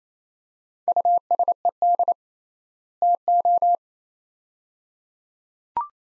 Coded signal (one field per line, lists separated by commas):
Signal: Morse code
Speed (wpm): 27 wpm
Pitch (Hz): 700 Hz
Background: none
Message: USED TO